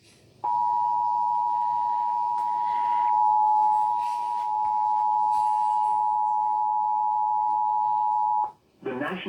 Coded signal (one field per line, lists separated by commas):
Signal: Emergency Alert System (SAME) tones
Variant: 853 and 960 Hz attention tone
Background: speech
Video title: Emergency alert system (October 2nd, 2020)